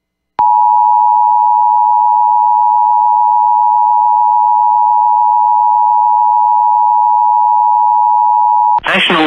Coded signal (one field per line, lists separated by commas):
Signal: Emergency Alert System (SAME) tones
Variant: 853 and 960 Hz attention tone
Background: speech